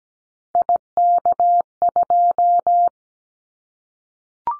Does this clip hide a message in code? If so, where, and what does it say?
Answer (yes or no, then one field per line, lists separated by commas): yes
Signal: Morse code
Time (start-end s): 0.6-2.9 s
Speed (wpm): 17 wpm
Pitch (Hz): 700 Hz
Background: none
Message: IK2